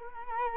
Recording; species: mosquito wingbeat signal from an infrared sensor; Culex quinquefasciatus